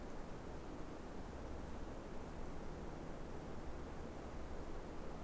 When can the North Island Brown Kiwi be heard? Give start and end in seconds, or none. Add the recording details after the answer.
none. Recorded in New Zealand on 3 December 2015. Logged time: 00:13. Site BZ73